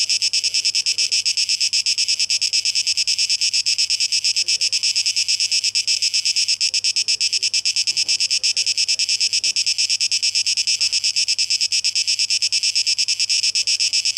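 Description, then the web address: Cicadas drone in a high, quick pulsing buzz, with faint scattered chirps and a few low taps below. Tape echo mix; recorded 12 August 2023. "rauschpartikel Audio 2023-08-12 Zikaden (Tape Echo Mix)"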